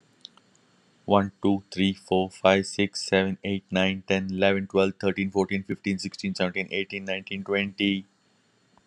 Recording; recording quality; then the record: counting at a fast pace; excellent, no background noise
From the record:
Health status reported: healthy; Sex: male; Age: 46 years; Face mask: not worn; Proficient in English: yes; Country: India